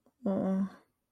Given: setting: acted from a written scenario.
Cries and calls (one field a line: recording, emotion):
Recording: vocal sound without words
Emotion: sympathy